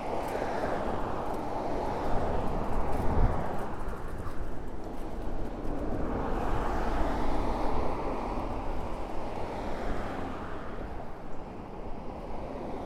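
A bike ride recorded from Orchard Beach: a steady, dense rush of low wind and tyre rumble fills the whole clip. The roar swells and eases slowly, brightening around the sixth and tenth seconds, with a brief thump near three seconds and faint ticks up high.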